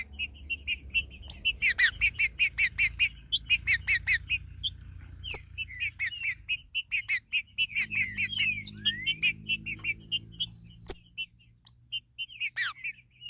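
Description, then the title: Green-winged saltator singing a fast, steady series of clipped high notes broken by downward slurs, over a low rumbling hum and an occasional sharp click. "Trinca Ferro"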